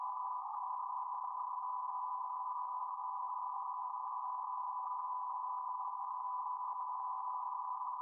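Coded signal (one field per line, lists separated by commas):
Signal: PSK31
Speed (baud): 31.25 baud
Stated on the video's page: BPSK31 ragchew contacts made with an FTDX10 transceiver.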